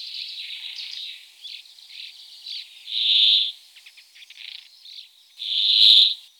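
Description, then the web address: Brambling song: drawn-out buzzy, nasal wheezes given about every three seconds, with softer chirps and twitters between them. "Fringilla montifringilla. ns svatomartinska alej"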